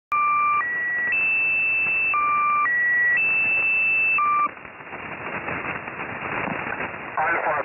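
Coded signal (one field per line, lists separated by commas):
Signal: channel marker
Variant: The Squeaky Wheel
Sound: a squeaky sequence of steady tones changing pitch every half second, then static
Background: radio static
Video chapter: 00:00 channel maker 00:04 channel maker stop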